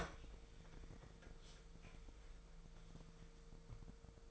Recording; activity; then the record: daily activity, microphone in the room; open fridge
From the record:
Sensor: 5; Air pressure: 1014.9 hPa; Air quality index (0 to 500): 176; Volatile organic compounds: 6 ppm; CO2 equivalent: 1937 ppm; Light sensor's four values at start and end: 53/124/52/55 and 56/128/54/58